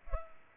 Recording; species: mosquito wingbeat signal from an infrared sensor; Culex pipiens